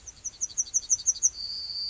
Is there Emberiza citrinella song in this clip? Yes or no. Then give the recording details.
yes. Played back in grassland. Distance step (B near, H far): D. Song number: 127